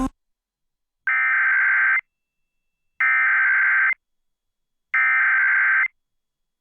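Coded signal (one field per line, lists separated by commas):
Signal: Emergency Alert System (SAME) tones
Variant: header bursts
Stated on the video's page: AMBER Alert child abduction emergency, statewide in Missouri.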